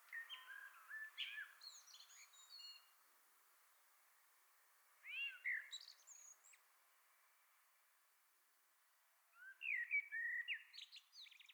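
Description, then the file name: Common blackbird song, faint: three widely spaced phrases of low whistles, each trailing off into high twittering notes, with quiet background hiss. "Turdus merula"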